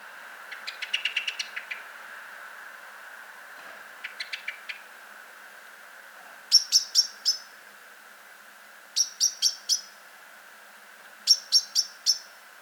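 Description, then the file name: Common blackbird sharp clicking calls in quick groups of several, preceded by a softer chattering run, over a steady background hum. "Turdus merula"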